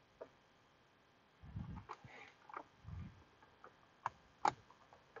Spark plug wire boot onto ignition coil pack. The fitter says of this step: there we go nice and solid we heard everything click good